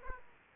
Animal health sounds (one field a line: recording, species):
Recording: mosquito wingbeat signal from an infrared sensor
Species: Aedes aegypti